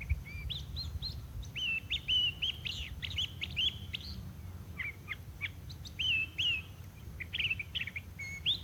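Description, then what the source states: Crissal Thrasher singing a varied run of short whistled and slurred phrases, some rising, some dropping, delivered in quick bursts with brief pauses, over a low background rumble. Wild bird singing at Mesilla Valley Bosque State Park, New Mexico, on a mid-February spring day, air warming and sky bright.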